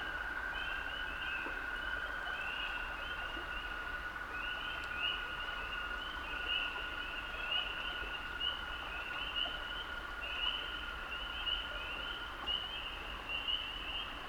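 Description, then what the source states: Toads trilling in a chorus: a long steady low trill runs almost throughout, with overlapping higher pulsing trills repeating above it and a constant background hiss. Male toads singing love songs from the water in a wetland hollow near a beaver dam; May 2018, height of spring, upstate New York.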